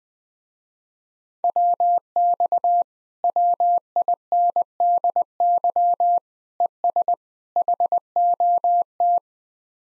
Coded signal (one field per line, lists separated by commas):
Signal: Morse code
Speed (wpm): 20 wpm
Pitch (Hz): 700 Hz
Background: none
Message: WX WINDY ES HOT